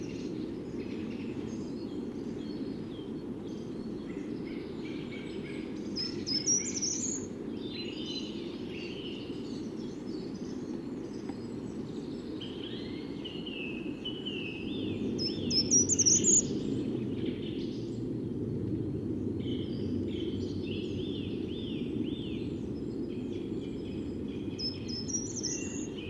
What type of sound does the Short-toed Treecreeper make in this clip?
song